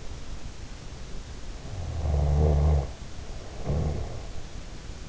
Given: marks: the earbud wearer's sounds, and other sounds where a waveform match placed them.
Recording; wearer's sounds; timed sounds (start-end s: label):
sounds in sleep by an in-ear microphone; snoring breath
1.65-4.37 s: snoring breath